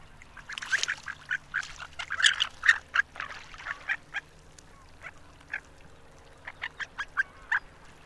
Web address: harlequin duck duck call